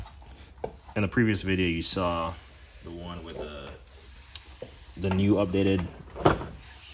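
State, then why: Not seated. An updated tool box component is handled against its mount while someone talks, with a few brief knocks. The part has not seated or clicked into place yet.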